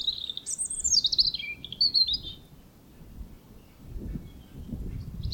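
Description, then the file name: European robin song: high, thin warbling phrases sliding between high and very high notes in the opening seconds, then a pause with faint low background rumble. "Erithacus rubecula"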